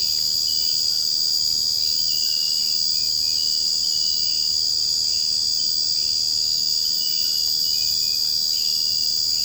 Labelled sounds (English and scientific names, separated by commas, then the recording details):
none
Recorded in secondary vegetation near Puerto Asís, Putumayo, Colombia, on 21 March 2025 at 02:30
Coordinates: 0.502, -76.326
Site G100